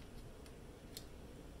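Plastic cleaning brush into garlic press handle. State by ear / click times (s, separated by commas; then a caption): seated / 1.0 s. A small plastic cleaning brush or replacement part is pressed back into its storage spot in the handle of a Pampered Chef garlic press after use. Over steady low background noise, a few faint ticks lead up to one sharp, bright click at 0.97 s. The brush seats in its holder.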